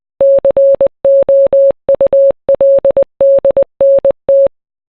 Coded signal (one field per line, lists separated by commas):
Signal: Morse code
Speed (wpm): 20 wpm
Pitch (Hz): 550 Hz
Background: none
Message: COULDNT